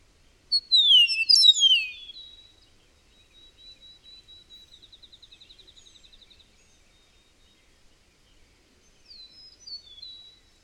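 Bird song: loud tumbling, descending whistles, then a soft, fast, even trill lasting several seconds, and later a quieter slurred phrase.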